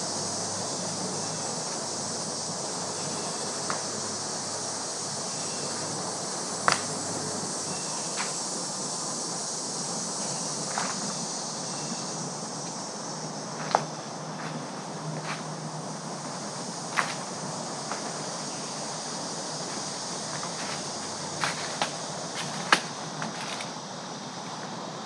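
A bubbling stream rushes steadily with a bright hiss, while sharp clicks and snaps break through every few seconds, clustering toward the end.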